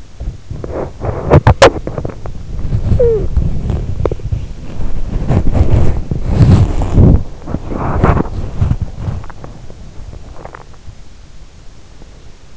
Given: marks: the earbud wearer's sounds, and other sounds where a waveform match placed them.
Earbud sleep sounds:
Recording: sounds in sleep by an in-ear microphone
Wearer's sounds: body movement, talking in sleep, swallowing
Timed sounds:
0.00-12.57 s: body movement
2.80-3.47 s: talking in sleep
10.16-10.88 s: swallowing

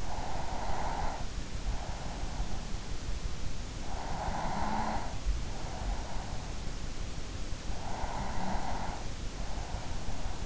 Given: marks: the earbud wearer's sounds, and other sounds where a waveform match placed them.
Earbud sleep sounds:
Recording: sounds in sleep by an in-ear microphone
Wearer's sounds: breath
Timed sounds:
0.00-1.43 s: breath
3.94-6.29 s: breath
7.37-10.46 s: breath

